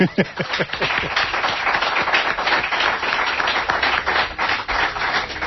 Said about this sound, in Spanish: Nos hemos quedado mudos, ¿verdad? Bueno, pues se merece un aplauso, ¿verdad?